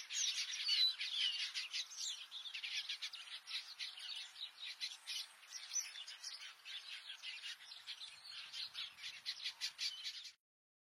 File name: Canto do quelea de bico vermelho